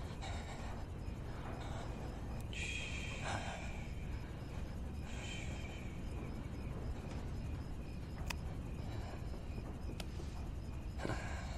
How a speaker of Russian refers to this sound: Окровавленный Буччи тяжело дышит.